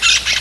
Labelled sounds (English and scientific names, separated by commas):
Brown-throated Parakeet (Eupsittula pertinax) contact call